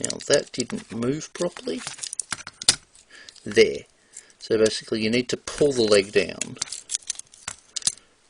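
Someone talks while handling a Transformers Robots in Disguise 2001 (Robot Cars) Grimlock figure, pulling the plastic leg of the transforming robot toy down toward its ratchet joint and taking care not to break it. Short sharp plastic knocks are heard around 2.2 to 2.7 s and again near 7.0 and 7.8 s. The clip ends before the leg goes home, so nothing has seated or clicked yet.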